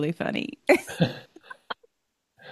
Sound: laughs

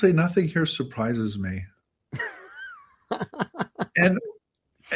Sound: laughs

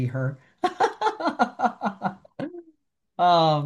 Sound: laughs

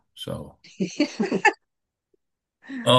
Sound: laughs

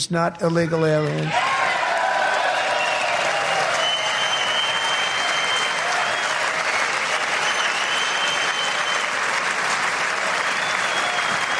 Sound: applause

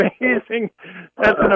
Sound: laughs

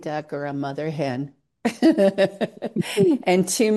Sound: laughs

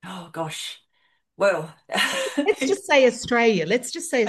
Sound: laughs

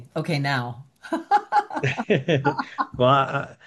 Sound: laughs

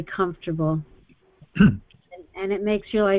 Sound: clears throat

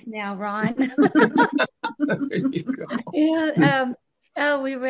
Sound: laughs

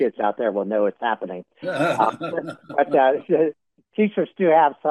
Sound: laughs

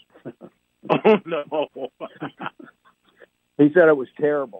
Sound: laughs; laughs

